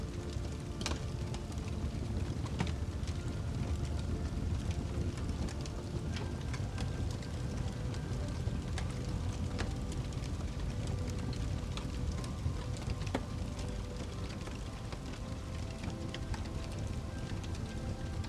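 A fire crackles steadily with frequent sharp pops over a dense low rumble, while a soft, sustained melody hums quietly underneath throughout.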